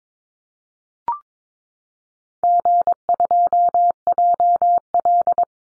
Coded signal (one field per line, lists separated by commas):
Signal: Morse code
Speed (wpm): 22 wpm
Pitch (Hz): 700 Hz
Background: none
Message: G2JL